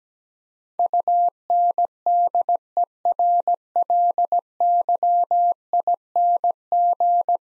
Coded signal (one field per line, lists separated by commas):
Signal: Morse code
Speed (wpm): 17 wpm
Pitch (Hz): 700 Hz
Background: none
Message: UNDERLYING